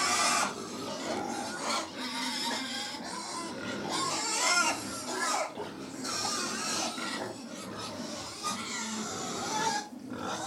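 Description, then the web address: Pig grunts and brief squeals come in irregular bursts over a noisy background of rustling and jostling. 100 pigs feeding; livestock. "The BBC Sound Effects Library - Livestock 100 Pigs Feeding"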